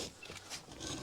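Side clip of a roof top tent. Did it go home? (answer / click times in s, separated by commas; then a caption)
no / none. A small side clip on a Wildlands roof top tent is handled and pushed upward toward its locked position, producing faint rustling and handling noise over a low background hiss. Nothing has seated or clicked yet.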